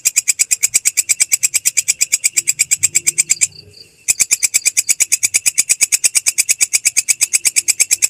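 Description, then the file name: Grasshopper producing a long series of fast, buzzy high pulses, broken by one short silence before continuing. "suara belalang kecek"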